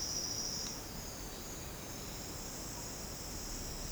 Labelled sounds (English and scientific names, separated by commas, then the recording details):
none
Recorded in secondary vegetation near Puerto Asís, Putumayo, Colombia, on 8 March 2025 at 10:30
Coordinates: 0.485, -76.322
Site G040